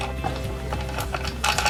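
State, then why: Not seated. A crankshaft or transmission part is handled into the aluminium crankcase half of a CD50 motorcycle engine being assembled with liquid gasket for an oil-leak repair, because the crankcase is warped. Soft handling sounds and a low steady hum lead to sharper metallic taps at about 1.1 s and 1.6 s. Nothing has seated yet.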